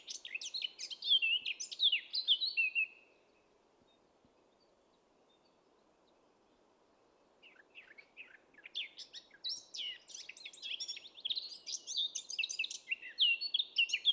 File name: Sylvia atricapilla